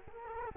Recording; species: mosquito wingbeat signal from an infrared sensor; Culex quinquefasciatus